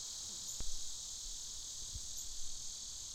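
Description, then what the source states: Cicadas producing a steady high shrill hum, with a couple of short chirps and a few low knocks and rustles underneath. Cicadas recorded in the afternoon.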